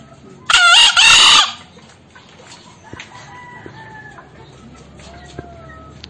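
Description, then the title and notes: Green junglefowl gives a loud, hoarse two-part crow near the start, then faint whistled notes fill the remaining seconds. Crowing of green junglefowl used as a lure (masteran) to make silent wild junglefowl respond, for trapping. "Kokok Ayam Hutan. MASTERAN AYAM HUTAN HIJAU YANG MACET BUNYI WAJIB NYAUT. Pemikat Ayam Hutan"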